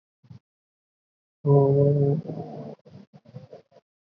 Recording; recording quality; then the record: sustained vowel as in boot; moderate, slight background noise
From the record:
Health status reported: COVID-19 positive, mild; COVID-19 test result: positive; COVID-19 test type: RT-PCR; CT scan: not taken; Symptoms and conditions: cough, fever, fatigue, muscle pain, asthma, hypertension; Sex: male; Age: 28 years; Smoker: no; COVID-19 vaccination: both doses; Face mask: worn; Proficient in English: yes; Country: India